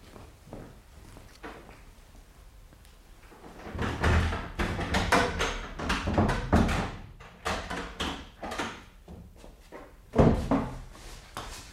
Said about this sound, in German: Jetzt wird es gleich ein Geräusch geben. Die Tür wird aufspringen.